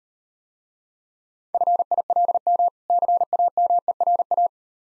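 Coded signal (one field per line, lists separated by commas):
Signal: Morse code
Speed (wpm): 38 wpm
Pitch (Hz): 700 Hz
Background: none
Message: FILM CAMERA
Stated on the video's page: Morse practice drill at 30 wpm of difficult words with contextual hints.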